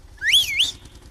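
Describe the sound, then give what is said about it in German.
A single human whistle calling to a woman tractor (Bulldog) driver from Schneiding, rising sharply in pitch, dipping, then swooping up again before cutting off, fairly loud over a low background rumble. “Na, jetzt muss ich da einmal an der Schneidinger Bulldog-Fahrerin da drin pfeifen.”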